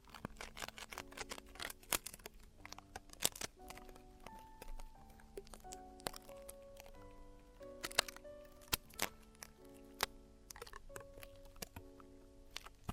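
Traditional Chinese ear cleaning with earwax removal: a dense run of sharp scratching and tapping clicks, many per second, over thirteen seconds. Behind them, soft steady tones step up and down like a quiet melody playing throughout.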